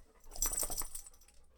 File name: Dogshakinghead